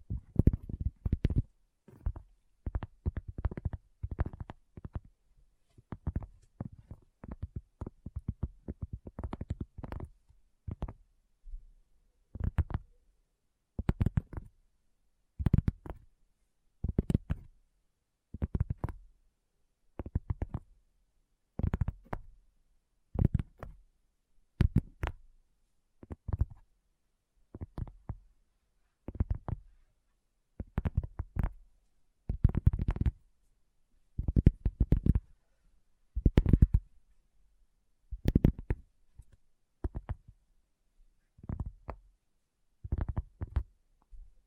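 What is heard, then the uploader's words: ASMR tapping: short, dull taps with a soft, thumping low end, repeated throughout with silence between them. The first dozen seconds bring quicker, clustered taps; after that they settle into a slower, steadier rhythm of roughly one every second or so. ASMR Addictive Tapping. (No Talking).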